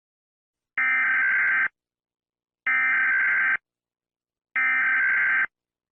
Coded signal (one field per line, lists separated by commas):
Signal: Emergency Alert System (SAME) tones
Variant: header bursts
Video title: EAS Scenario #2 Doors Apocalypse [Season 2]